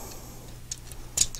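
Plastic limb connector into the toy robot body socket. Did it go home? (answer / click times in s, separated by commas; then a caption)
yes / 1.2 s. A plastic limb connector on a Walmart G1 Devastator reissue combiner robot toy is pushed into its socket on the robot body, which has a small lever with no spring. Faint plastic ticks come at about 0.7 s and 0.9 s, then the loudest, sharpest click at 1.2 s, followed by a light tick at about 1.4 s. The limb locks into place and holds when pulled.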